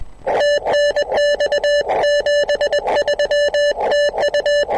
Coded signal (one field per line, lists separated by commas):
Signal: Morse code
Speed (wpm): 21 wpm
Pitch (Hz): 580 Hz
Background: none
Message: TNX 73 TU